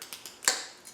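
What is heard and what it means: A ring on the steel collar of a Cold Steel Kudu folding knife is pushed forward to release the lock that holds the blade open. A few faint ticks lead up to one sharp, bright click at 0.5 s, which fades quickly. The lock is released.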